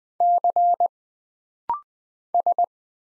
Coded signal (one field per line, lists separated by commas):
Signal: Morse code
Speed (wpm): 20 wpm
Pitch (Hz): 700 Hz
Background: none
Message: C S